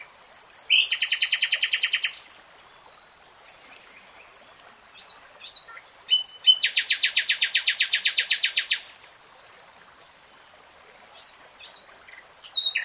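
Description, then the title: Nightingale song with two long, fast rattling trills of repeated notes, separated by a quiet gap with soft high twitters. Nightingale singing in real time. "[Tiếng chim hót] 3 Hours REALTIME Nightingale Singing"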